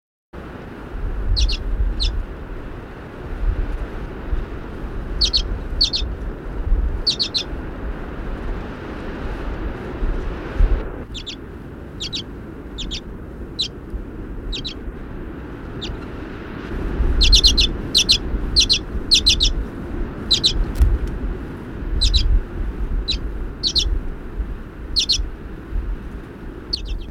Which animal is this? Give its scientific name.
Carduelis flammea